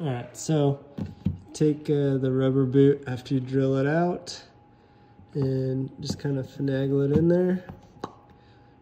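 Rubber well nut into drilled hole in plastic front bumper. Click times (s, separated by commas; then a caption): 8.0 s. A rubber well nut (rubber boot) is worked by hand into a hole drilled out in the underside of the plastic front bumper of a 987.1 Porsche Cayman S during a front splitter install. Someone talks through most of the clip, then a short sharp pop at 8.0 s marks the well nut seating in the hole.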